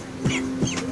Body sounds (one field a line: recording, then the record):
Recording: coughing mixed with background sound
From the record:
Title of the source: Dry Coughing Fit in the Afternoon.